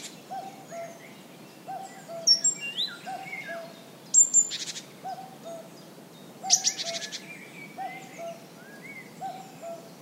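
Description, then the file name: Great tit churring calls, two loud buzzy rasping bursts among thin high notes, chirps and repeated low whistled notes. "Parus major"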